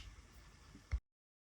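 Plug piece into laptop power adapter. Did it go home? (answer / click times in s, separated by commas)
yes / 0.9 s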